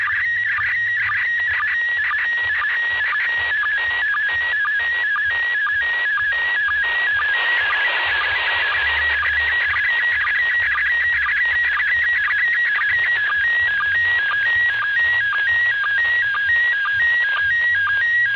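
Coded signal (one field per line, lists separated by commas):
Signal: SSTV (slow-scan television)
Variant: PD120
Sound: continuous warbling tone hopping between pitches with regular short low blips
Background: radio static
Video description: Se utilizó una radio Baofeng UV-5R en la frecuencia 145,800 MHz (+/- 3 KHz para el cambio Doppler) y el modo de operación SSTV PD 120.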